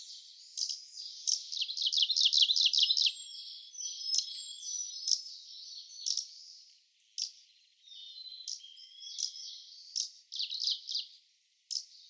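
Kamchatka leaf warbler song: a fast, dry trill of repeated high notes at the start, followed by chirps, long thin whistles and sweeping notes.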